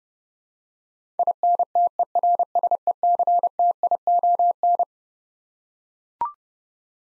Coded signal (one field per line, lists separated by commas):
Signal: Morse code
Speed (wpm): 32 wpm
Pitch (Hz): 700 Hz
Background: none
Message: INTERSECTION